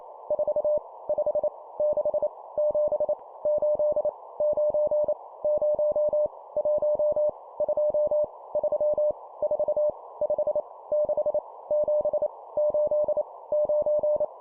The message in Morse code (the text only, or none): 4 5 6 7 8 9 0 1 2 3 4 5 6 7 8 9